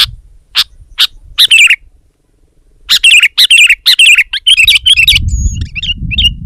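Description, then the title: Sooty-headed bulbul calls with a few spaced chirps, then a lively burst of warbled notes, followed by softer chirps over low rumbling noise. "kutilang"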